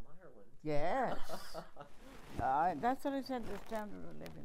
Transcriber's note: laughs